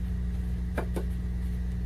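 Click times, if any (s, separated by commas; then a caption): 0.8 s. A plastic center insert from 1949 is pressed into the large center hole of a 45 RPM vinyl record while the record is bent slightly, over a steady low hum. A sharp click at 0.8 s, followed by a softer one at 1.0 s, marks the insert snapping into place permanently; it can't be removed without bending the record.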